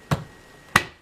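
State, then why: Seated. A detachable section is pushed back into the body of a Lux D790 Royal vacuum cleaner. A softer knock at 0.1 s is followed by a sharp, much louder click at 0.8 s as the section locks home with a very solid click, firmly seated.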